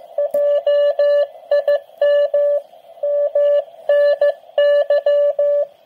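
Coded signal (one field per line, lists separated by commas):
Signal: Morse code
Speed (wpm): 14 wpm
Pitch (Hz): 580 Hz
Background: none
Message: JIM MNY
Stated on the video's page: QRP contact using a portable uSDX 8-band SDR transceiver.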